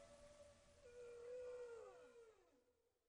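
Humpback whale song unit: a soft harmonic moan that holds steady, swells, then bends downward before fading out.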